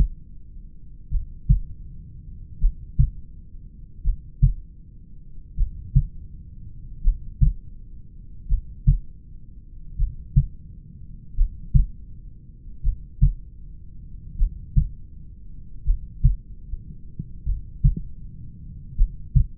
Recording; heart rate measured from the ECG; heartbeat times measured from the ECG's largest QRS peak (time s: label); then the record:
heart sounds by stethoscope; 40 bpm
1.14 s: heartbeat
2.64 s: heartbeat
4.07 s: heartbeat
5.60 s: heartbeat
7.07 s: heartbeat
8.52 s: heartbeat
10.01 s: heartbeat
11.40 s: heartbeat
12.87 s: heartbeat
14.41 s: heartbeat
15.88 s: heartbeat
17.49 s: heartbeat
19.00 s: heartbeat
From the record:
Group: heart failure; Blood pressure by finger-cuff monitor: 92/63 mmHg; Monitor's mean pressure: 71 mmHg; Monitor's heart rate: 41 bpm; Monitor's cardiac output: 3.6 L/min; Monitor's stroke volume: 88 mL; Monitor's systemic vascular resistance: 1430 dyn s/cm5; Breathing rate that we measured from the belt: 15 breaths a minute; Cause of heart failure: familial cardiomyopathy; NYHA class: 1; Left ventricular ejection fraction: 49%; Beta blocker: bisoprolol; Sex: male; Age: 31 years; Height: 194 cm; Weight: 96 kg